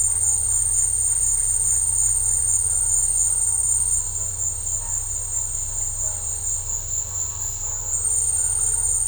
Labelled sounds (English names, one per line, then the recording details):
none
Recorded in pastures near Puerto Asís, Putumayo, Colombia, on 20 December 2024 at 15:30
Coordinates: 0.496, -76.326
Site G004